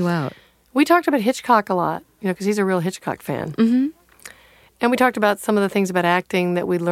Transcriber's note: none